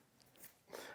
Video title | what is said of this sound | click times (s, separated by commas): How to install Redeemed LED Triple Layer Head Lights | Again, you're looking to hear that click sound, | 0.8 s